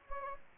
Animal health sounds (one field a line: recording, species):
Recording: mosquito wingbeat signal from an infrared sensor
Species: Anopheles gambiae